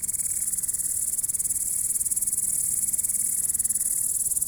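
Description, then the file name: Grasshopper buzzing, a high dry shimmer pulsing rapidly and evenly, with a soft wavering hum beneath. "zvuki kuznechika"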